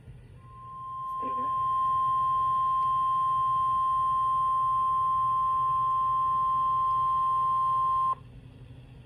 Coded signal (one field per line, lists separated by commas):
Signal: Emergency Alert System (SAME) tones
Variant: 1050 Hz attention tone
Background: speech